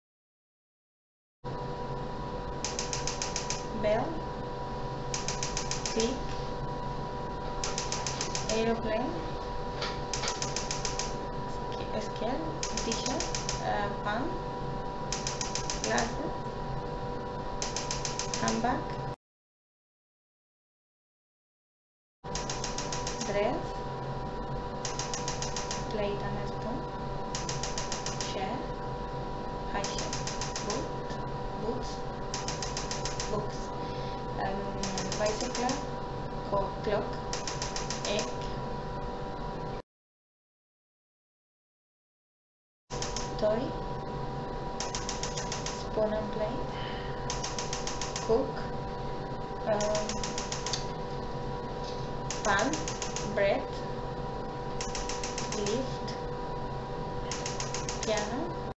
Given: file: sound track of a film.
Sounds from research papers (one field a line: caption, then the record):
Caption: Preoperative language mapping (nTMS assessment) demonstrating language errors.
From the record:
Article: Middle Frontal Gyrus and Area 55b: Perioperative Mapping and Language Outcomes